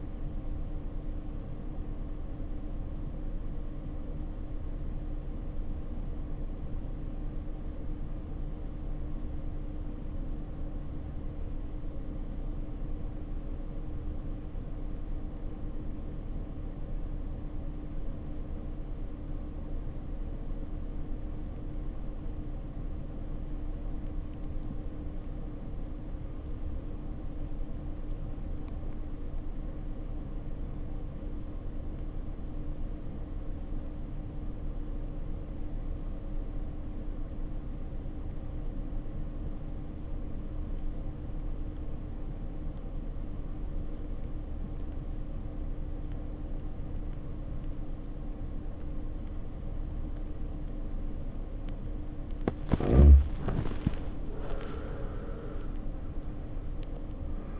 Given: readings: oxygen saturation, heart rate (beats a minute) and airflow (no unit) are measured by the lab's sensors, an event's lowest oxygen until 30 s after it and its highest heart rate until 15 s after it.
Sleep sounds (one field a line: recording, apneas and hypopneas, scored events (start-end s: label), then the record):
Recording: breathing in sleep by a smartphone at the bedside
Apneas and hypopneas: 1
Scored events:
3.00-53.10 s: obstructive apnea (REM, oxygen 94% highest, then 66% lowest, heart rate 62 at the start, 85 highest)
From the record:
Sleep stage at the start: REM sleep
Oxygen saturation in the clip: 74 to 94%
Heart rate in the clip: 55 to 81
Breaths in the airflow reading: 2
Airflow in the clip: -8.2 to 12.9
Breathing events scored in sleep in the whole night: 520 in 7.2 hours asleep